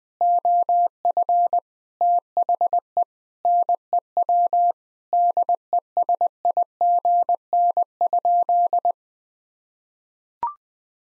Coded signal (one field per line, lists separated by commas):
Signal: Morse code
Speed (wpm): 20 wpm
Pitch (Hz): 700 Hz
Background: none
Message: OF THE NEW DESIGN?